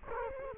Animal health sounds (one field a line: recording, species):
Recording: mosquito wingbeat signal from an infrared sensor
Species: Culex quinquefasciatus